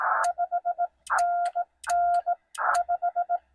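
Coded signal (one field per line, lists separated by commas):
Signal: Morse code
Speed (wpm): 17 wpm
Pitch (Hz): 700 Hz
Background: music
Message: 5NN 5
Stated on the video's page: CW POTA activation by a newcomer calling CQ POTA on 20 metres, Yaesu FT-891 at 20 watts into a 17-foot telescoping whip, battery powered.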